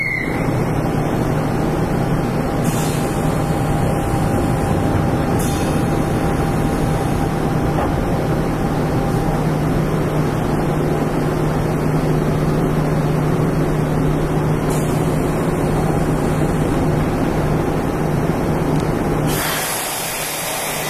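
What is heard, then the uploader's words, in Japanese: Running noise aboard a Nishitetsu 8000 series express train on the Omuta Line: a steady, dense low rumble with a constant hum and a faint whine above it. Brief clicks or knocks come at about 3, 5.5, 15 and 19 seconds, and the sound thins slightly near the end. 西日本鉄道 8000系電車の走行音です。この列車は、観光列車『水都』でした。It is running noise of Nishitetsu 8000 series train.I recorded on the express train of the Omuta Line.The section is from Fukuoka to Kurume.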